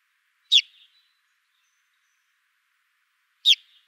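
Purple martin calls: two sharp, descending chirps about three seconds apart, each with a short buzzy tail, otherwise silent.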